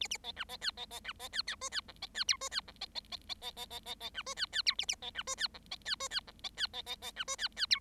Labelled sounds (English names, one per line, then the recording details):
Bengalese Finch song
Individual Bird7